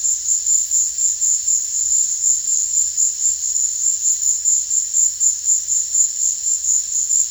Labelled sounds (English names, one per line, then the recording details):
none
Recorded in dense forest near Puerto Asís, Putumayo, Colombia, on 18 February 2024 at 16:30
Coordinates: 0.485, -76.325
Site G6429